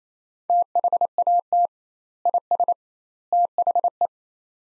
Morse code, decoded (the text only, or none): THAT IS THE